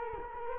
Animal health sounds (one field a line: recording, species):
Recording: mosquito wingbeat signal from an infrared sensor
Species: Culex quinquefasciatus